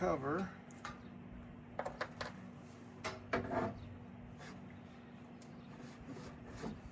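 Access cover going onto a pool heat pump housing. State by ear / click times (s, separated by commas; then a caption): not seated / none. Someone talks while handling the access cover for a 58000 BTU pool heat pump, bringing it back to the housing and pushing it in. Short knocks and rubbing scrapes sound over a steady low hum. Nothing has seated or clicked yet.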